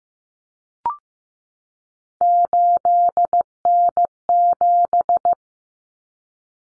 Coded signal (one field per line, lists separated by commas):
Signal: Morse code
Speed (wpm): 15 wpm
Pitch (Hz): 700 Hz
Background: none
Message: 8N7